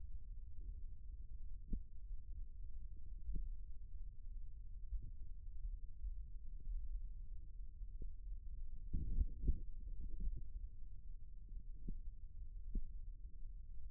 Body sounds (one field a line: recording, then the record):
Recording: forearm muscle sounds (acoustic myography)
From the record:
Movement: rest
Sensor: system 1, eight BSWA MPA416 microphones around the upper forearm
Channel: 5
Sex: male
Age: 41 years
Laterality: right